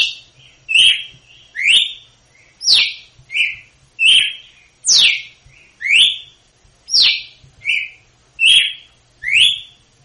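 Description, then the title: Red-cowled cardinal singing a brisk run of bright whistled notes, many sweeping sharply down, repeated roughly every second without pause. Female; açoite song type, used to teach young birds; Northeast Brazil singing style. "Canto Galo Campina Fêmea. GALO DE CAMPINA/ AÇOITE PARA ENSINAR FILHOTE (CANTO DO NORDESTE)"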